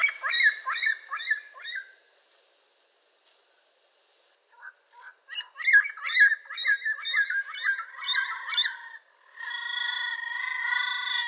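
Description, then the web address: Yellow-crowned amazon giving harsh, harmonic squawks in a quick choppy series, a pause of over two seconds, then a longer run of rapid squawks ending in a long drawn-out note. "sound yellow-crowned-amazon. دانلود-صدای-پرنده-آمازون-تاجزرد"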